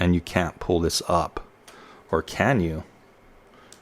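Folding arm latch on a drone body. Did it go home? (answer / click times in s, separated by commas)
released / 3.7 s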